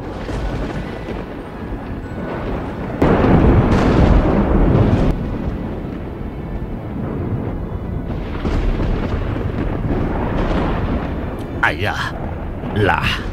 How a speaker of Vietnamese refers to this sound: Trên bầu trời loáng thoáng tia sáng ngũ sắc kia đang gọi về sấm chớp lôi điện đùng đùng.